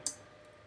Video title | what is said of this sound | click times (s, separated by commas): Gigabyte H610m S2H: Installing Pentium G7400, RAM and M.2 NVME | snap. You want to hear that snap, okay? | 0.1 s